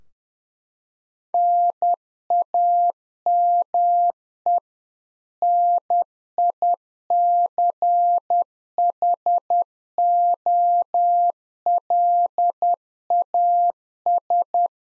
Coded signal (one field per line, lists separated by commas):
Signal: Morse code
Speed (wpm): 10 wpm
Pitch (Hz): 700 Hz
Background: none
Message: NAME NICHOLAS